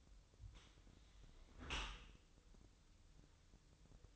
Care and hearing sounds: daily activity, microphone in the room; close dishwasher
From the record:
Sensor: 3

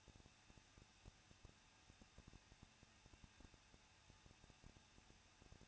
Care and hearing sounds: daily activity, microphone in the room; no activity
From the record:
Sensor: 2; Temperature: 21.0 degrees Celsius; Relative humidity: 37.3%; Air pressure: 1006.3 hPa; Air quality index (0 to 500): 220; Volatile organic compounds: 23 ppm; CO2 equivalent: 2784 ppm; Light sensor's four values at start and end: 2/3/2/2 and 2/3/2/2

